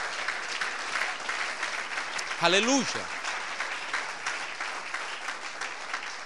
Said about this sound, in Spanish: Denle ese aplauso fuerte al Señor.